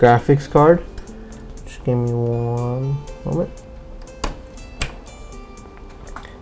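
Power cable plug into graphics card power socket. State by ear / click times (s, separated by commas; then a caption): seated / 4.2 s, 4.8 s. Someone talks while PCIe power cable plugs are pushed into a graphics card's power sockets. Their plastic latches click into place with two sharp clicks at 4.2 s and 4.8 s, the click showing the cables are plugged in correctly and seated.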